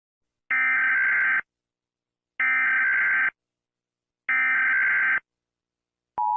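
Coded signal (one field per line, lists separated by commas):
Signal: Emergency Alert System (SAME) tones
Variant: header bursts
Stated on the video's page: Mock EAS scenario.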